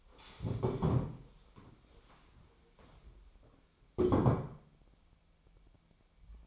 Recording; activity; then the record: daily activity, microphone in the room; stand up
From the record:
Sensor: 1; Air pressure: 1015.2 hPa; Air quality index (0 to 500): 197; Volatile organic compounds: 22 ppm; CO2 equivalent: 2764 ppm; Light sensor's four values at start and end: 12/30/12/13 and 12/29/12/13